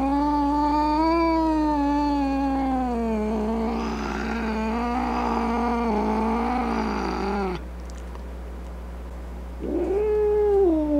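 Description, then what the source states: Cat producing a long wavering yowl turning raspy, a short silence, then another rising yowl. Angry cat.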